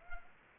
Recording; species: mosquito wingbeat signal from an infrared sensor; Culex pipiens